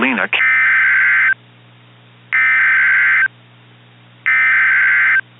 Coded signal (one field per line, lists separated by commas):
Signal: Emergency Alert System (SAME) tones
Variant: header bursts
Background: speech